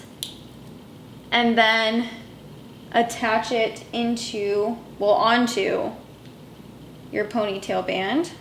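A spring-hinged metal ponytail cuff is squeezed and springs open with a sharp click at 0.2 s, before it goes around a ponytail. Someone then talks through the rest of the clip.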